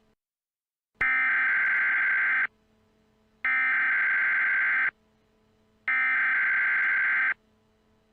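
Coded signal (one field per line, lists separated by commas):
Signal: Emergency Alert System (SAME) tones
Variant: header bursts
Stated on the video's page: Fictional EAS scenario alert.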